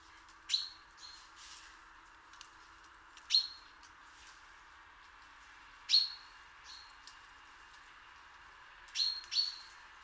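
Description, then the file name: Common chaffinch calling repeatedly, short sharp notes that slide down into a brief level whistle, roughly every two to three seconds, one pair close together, over a constant low hiss. "Fringilla coelebs"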